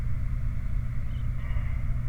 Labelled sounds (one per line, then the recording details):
songbird
truck
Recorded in the Prudhoe Bay oil fields, Alaska, on 29 July 2019 at 03:37
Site 29